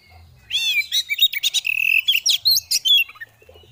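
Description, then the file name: Oriental magpie-robin calling in a loud, rapid series of sharp, harsh chirps and short buzzy notes for about two and a half seconds, then fading to quiet. Female bird; 'ngeriwik ngeplong' calling style; audio for bird therapy. "Terapi Suara Burung Kacer Betina Ngeriwik Ngeplong"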